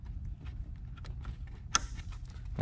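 The shorter J&L Oil Separator hose's quick-connect (3087D kit) is pushed onto the intake manifold fitting of a 2014-2019 Chevy Corvette LT1 6.2L over a steady low rumble with faint handling ticks. A single loud, sharp snap at 1.8 s marks the connector seating home, followed by a small tick near 2.6 s.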